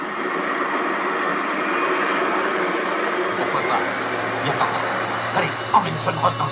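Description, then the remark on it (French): A helicopter engine and rotor give off a steady, broad roar, joined midway by a low droning hum, with a few sharp clicks and faint voices rising over the noise near the end. “Emmène John Ross dans l'hélicoptère.”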